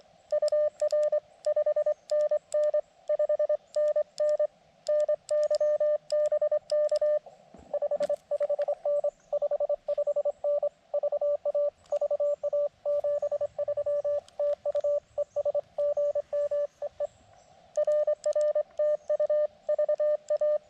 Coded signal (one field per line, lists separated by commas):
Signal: Morse code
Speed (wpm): 24 wpm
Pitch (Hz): 600 Hz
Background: radio noise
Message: UR 5NN 5NN NY BK 55N 55N VA VA 73 TU ES GM EE RR TU VA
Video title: QRP CW POTA at US-5221 with the KX2